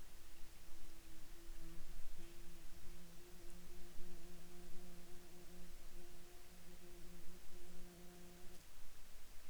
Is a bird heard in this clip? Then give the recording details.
no. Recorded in Ivvavik National Park, Yukon, on 19 June 2019 at 21:01. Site SINP06